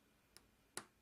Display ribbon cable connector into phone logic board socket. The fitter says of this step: you'll hear a satisfying click with each connection